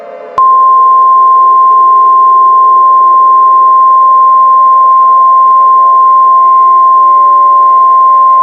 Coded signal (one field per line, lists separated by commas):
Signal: Emergency Alert System (SAME) tones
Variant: 853 and 960 Hz attention tone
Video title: EAS Scenario - The Armageddon